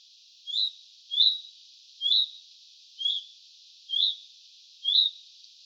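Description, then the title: Common redstart calls: a short rising whistled note, repeated about once a second, six times in a row against faint steady background hiss. Juvenile bird. "Sylvain Jaskowiak - Mes piafs. Rougequeue à front blanc juvénile"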